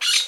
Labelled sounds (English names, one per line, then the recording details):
Brown-throated Parakeet contact call
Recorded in Margarita
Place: Rd. to Arenera, R. El Muco
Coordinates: 10.983, -64.362